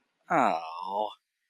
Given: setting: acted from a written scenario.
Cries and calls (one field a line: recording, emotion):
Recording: vocal sound without words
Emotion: disappointment